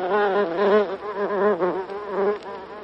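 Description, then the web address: Buff-tailed bumblebee humming in flight, a low harmonic drone that swells and wavers repeatedly as its pitch bends up and down. "bombus terrestris"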